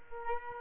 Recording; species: mosquito wingbeat signal from an infrared sensor; Aedes aegypti